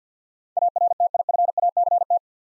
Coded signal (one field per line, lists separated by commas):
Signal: Morse code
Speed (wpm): 47 wpm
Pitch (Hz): 700 Hz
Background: none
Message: ARTIFACT